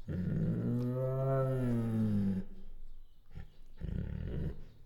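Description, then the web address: Bengal tiger giving a long, low, harmonic whining moan for over two seconds, followed by short rough growling bursts. Female Bengal tiger; chuffs, growls and whines. "Sound Ideas Tigers Sound Effects Female Bengal Tiger Chuffs, Growls and Whines"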